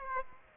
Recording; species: mosquito wingbeat signal from an infrared sensor; Aedes aegypti